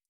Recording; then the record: hydrophone in a shrimp aquaculture tank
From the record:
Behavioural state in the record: stressed